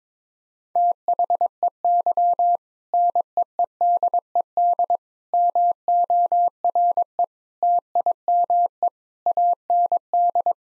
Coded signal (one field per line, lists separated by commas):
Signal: Morse code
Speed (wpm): 22 wpm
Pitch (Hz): 700 Hz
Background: none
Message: THEY NEEDED MORE TIME AND